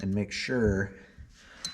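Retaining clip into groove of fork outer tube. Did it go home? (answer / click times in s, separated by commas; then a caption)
yes / 1.7 s. While reassembling a cartridge fork on a 2006 KDX 200 with Gold Valves, a wire retaining clip is pushed with a screwdriver into the groove (lip) of the fork outer tube as someone talks. A short, sharp click at 1.6 s marks the clip seating in the groove, confirmed as seated.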